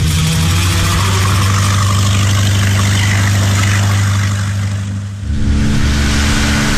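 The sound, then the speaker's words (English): A slow-moving motorboat's engine drones with a loud, steady low hum, dips briefly near the end, then revs back up at a slightly different pitch. No voices are heard. “Why is this boat so slow?”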